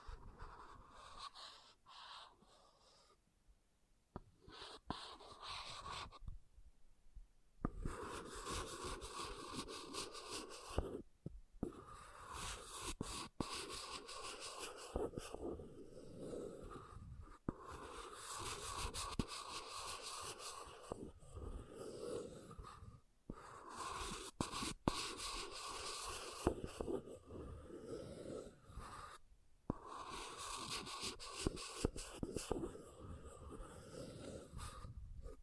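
An object scratching along a surface in rough, dense strokes that run almost continuously, with brief silent gaps near 4, 7, 11, 23 and 29 seconds. The scraping is gritty and hissy, reaching into bright upper tones, with strokes varying in length and pressure.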